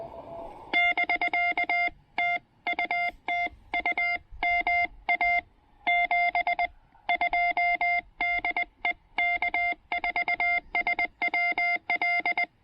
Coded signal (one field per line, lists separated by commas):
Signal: Morse code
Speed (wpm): 20 wpm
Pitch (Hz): 2100 Hz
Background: none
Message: <BK> TU TU MA 72 DE K4SWL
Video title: Picnic Blanket POTA: The TR-45L and two 28' wires...simple QRP fun in beautiful weather!